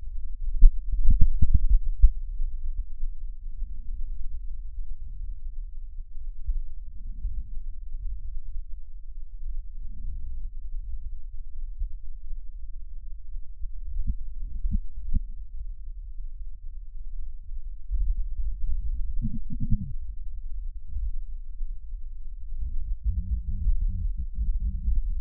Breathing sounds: lung sounds by stethoscope; left posterior apical chest; quiet breathing, then cough and speech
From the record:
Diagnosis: COPD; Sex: female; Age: 72 years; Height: 156 cm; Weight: 72 kg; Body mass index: 29.6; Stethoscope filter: bell mode

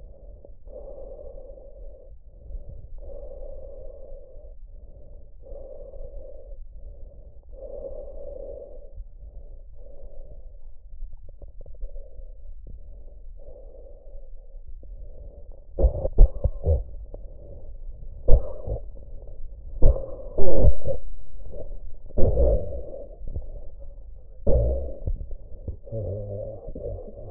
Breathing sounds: lung sounds by stethoscope; trachea; quiet breathing, then cough and speech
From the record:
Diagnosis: pulmonary infection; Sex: male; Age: 69 years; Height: 184 cm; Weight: 115 kg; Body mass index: 34.0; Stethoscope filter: extended mode

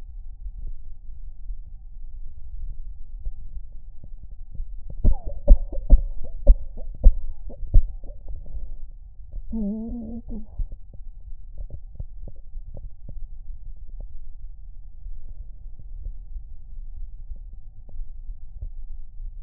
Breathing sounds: lung sounds by stethoscope; right anterior apical chest; quiet breathing, then cough and speech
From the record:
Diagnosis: COPD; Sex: female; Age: 65 years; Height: 156 cm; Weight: 63.9 kg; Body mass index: 26.3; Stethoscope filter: extended mode

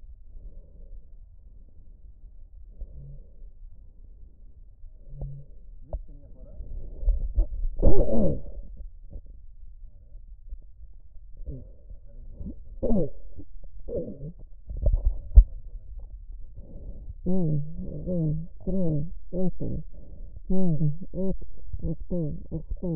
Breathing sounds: lung sounds by stethoscope; right posterior apical chest; quiet breathing, then cough and speech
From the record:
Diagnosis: interstitial lung disease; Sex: female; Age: 72 years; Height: 153 cm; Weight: 71 kg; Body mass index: 30.3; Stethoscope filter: extended mode

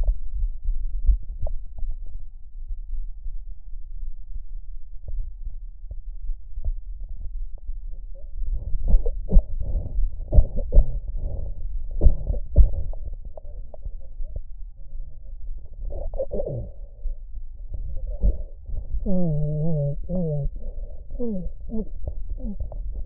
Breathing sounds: lung sounds by stethoscope; right anterior apical chest; quiet breathing, then cough and speech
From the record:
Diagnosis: interstitial lung disease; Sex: male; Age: 82 years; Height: 158 cm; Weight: 49 kg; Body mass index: 19.6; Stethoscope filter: extended mode

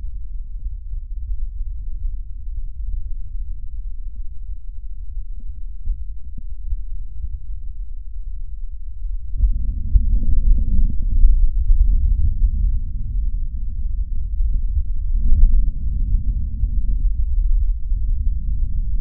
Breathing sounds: lung sounds by stethoscope; trachea; quiet breathing, then deep breathing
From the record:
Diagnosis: interstitial lung disease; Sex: male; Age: 72 years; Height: 170 cm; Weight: 62.9 kg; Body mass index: 21.8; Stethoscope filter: bell mode

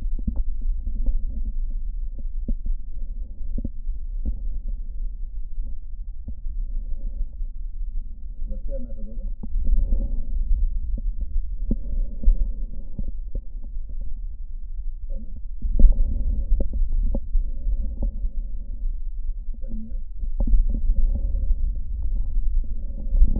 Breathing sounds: lung sounds by stethoscope; right posterior apical chest; quiet breathing, then deep breathing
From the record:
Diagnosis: COPD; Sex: female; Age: 80 years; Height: 160 cm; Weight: 62 kg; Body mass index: 24.2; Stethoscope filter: diaphragm mode

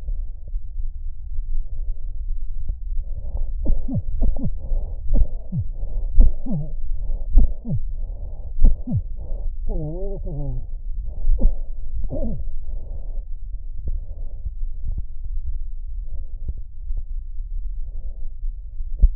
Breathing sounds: lung sounds by stethoscope; left anterior apical chest; quiet breathing, then cough and speech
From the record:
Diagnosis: COPD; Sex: male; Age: 72 years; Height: 172 cm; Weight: 58.6 kg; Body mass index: 19.8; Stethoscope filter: extended mode

